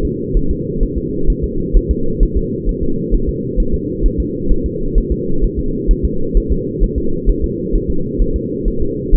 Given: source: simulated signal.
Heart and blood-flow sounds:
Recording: fetal heart sounds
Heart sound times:
0.05 s: S2
0.37 s: S1
0.51 s: S2
0.83 s: S1
0.98 s: S2
1.30 s: S1
1.44 s: S2
1.77 s: S1
1.91 s: S2
2.23 s: S1
2.37 s: S2
2.69 s: S1
2.83 s: S2
3.14 s: S1
3.29 s: S2
3.60 s: S1
3.74 s: S2
4.06 s: S1
4.20 s: S2
4.52 s: S1
4.66 s: S2
4.98 s: S1
5.12 s: S2
5.44 s: S1
5.59 s: S2
5.91 s: S1
6.05 s: S2
6.37 s: S1
6.52 s: S2
6.83 s: S1
6.98 s: S2
7.30 s: S1
7.44 s: S2
7.75 s: S1
7.90 s: S2
8.22 s: S1
8.36 s: S2
8.68 s: S1
8.82 s: S2
9.15 s: S1
From the record:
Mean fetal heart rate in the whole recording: 130 bpm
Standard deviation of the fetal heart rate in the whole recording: 2 bpm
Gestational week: 38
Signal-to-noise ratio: -8.1 dB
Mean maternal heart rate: 72 bpm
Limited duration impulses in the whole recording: absent

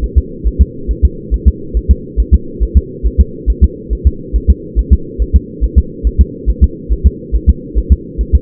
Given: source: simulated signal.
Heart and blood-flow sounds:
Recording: fetal heart sounds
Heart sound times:
0.04 s: S1
0.18 s: S2
0.47 s: S1
0.61 s: S2
0.91 s: S1
1.05 s: S2
1.34 s: S1
1.48 s: S2
1.77 s: S1
1.91 s: S2
2.20 s: S1
2.34 s: S2
2.63 s: S1
2.77 s: S2
3.06 s: S1
3.21 s: S2
3.50 s: S1
3.64 s: S2
3.93 s: S1
4.07 s: S2
4.36 s: S1
4.50 s: S2
4.79 s: S1
4.93 s: S2
5.22 s: S1
5.36 s: S2
5.64 s: S1
5.78 s: S2
6.07 s: S1
6.21 s: S2
6.50 s: S1
6.64 s: S2
6.92 s: S1
7.07 s: S2
7.35 s: S1
7.50 s: S2
7.78 s: S1
7.92 s: S2
8.21 s: S1
8.35 s: S2
From the record:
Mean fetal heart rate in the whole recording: 140 bpm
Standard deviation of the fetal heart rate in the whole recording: 2 bpm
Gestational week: 34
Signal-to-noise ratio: -4.3 dB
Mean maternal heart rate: 72 bpm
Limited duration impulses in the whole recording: absent

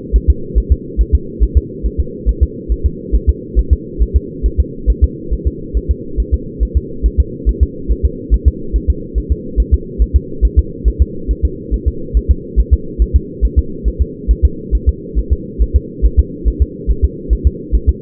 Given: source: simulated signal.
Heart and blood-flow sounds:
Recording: fetal heart sounds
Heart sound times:
0.16 s: S1
0.30 s: S2
0.58 s: S1
0.72 s: S2
1.01 s: S1
1.15 s: S2
1.43 s: S1
1.57 s: S2
1.86 s: S1
2.00 s: S2
2.29 s: S1
2.43 s: S2
2.72 s: S1
2.86 s: S2
3.15 s: S1
3.29 s: S2
3.59 s: S1
3.73 s: S2
4.02 s: S1
4.16 s: S2
4.46 s: S1
4.60 s: S2
4.90 s: S1
5.04 s: S2
5.33 s: S1
5.47 s: S2
5.77 s: S1
5.91 s: S2
6.20 s: S1
6.34 s: S2
6.63 s: S1
6.77 s: S2
7.06 s: S1
7.20 s: S2
7.49 s: S1
7.63 s: S2
7.91 s: S1
8.05 s: S2
8.34 s: S1
8.48 s: S2
8.76 s: S1
8.90 s: S2
9.18 s: S1
9.32 s: S2
9.60 s: S1
9.74 s: S2
10.02 s: S1
10.16 s: S2
10.45 s: S1
10.59 s: S2
10.88 s: S1
11.02 s: S2
11.31 s: S1
11.45 s: S2
11.74 s: S1
11.88 s: S2
12.17 s: S1
12.31 s: S2
12.60 s: S1
12.73 s: S2
13.02 s: S1
13.16 s: S2
13.45 s: S1
13.59 s: S2
13.88 s: S1
14.01 s: S2
14.31 s: S1
14.45 s: S2
14.75 s: S1
14.89 s: S2
15.19 s: S1
15.32 s: S2
15.62 s: S1
15.76 s: S2
16.05 s: S1
16.19 s: S2
16.48 s: S1
16.62 s: S2
16.91 s: S1
17.04 s: S2
17.33 s: S1
17.47 s: S2
17.75 s: S1
17.89 s: S2
From the record:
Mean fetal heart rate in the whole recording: 140 bpm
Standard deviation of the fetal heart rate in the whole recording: 2 bpm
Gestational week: 34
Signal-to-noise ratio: -4.3 dB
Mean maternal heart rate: 72 bpm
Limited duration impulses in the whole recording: absent

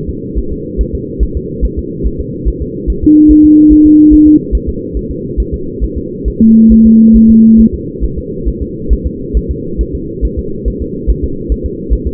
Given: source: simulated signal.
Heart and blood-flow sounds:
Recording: fetal heart sounds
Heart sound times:
0.09 s: S2
0.39 s: S1
0.53 s: S2
0.81 s: S1
0.95 s: S2
1.23 s: S1
1.37 s: S2
1.65 s: S1
1.79 s: S2
2.06 s: S1
2.20 s: S2
2.48 s: S1
2.62 s: S2
2.90 s: S1
3.04 s: S2
3.31 s: S1
3.45 s: S2
3.72 s: S1
3.86 s: S2
4.14 s: S1
4.28 s: S2
4.55 s: S1
4.69 s: S2
4.97 s: S1
5.11 s: S2
5.40 s: S1
5.54 s: S2
5.84 s: S1
5.98 s: S2
6.28 s: S1
6.42 s: S2
6.72 s: S1
6.86 s: S2
7.16 s: S1
7.30 s: S2
7.61 s: S1
7.75 s: S2
8.05 s: S1
8.18 s: S2
8.48 s: S1
8.62 s: S2
8.93 s: S1
9.07 s: S2
9.37 s: S1
9.51 s: S2
9.81 s: S1
9.95 s: S2
10.25 s: S1
10.39 s: S2
10.68 s: S1
10.82 s: S2
11.10 s: S1
11.24 s: S2
11.52 s: S1
11.66 s: S2
11.93 s: S1
12.07 s: S2
From the record:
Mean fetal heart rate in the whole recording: 140 bpm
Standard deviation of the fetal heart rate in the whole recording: 2 bpm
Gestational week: 34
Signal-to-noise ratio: -6.6 dB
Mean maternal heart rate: 72 bpm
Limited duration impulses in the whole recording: present

